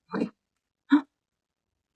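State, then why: Not seated. Someone fumbles to fit and close a metal hinged hoop earring through the ear, struggling because of long nails. Two short, soft, breath-like bursts are heard around 0.2 s and 1.0 s. The closure has not snapped shut yet.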